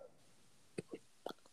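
A puppy named Shiloh has the hiccups.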